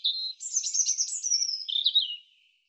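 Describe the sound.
European robin singing one continuous high, sweet phrase of quick tinkling notes and short trills that wander up and down, then fade out.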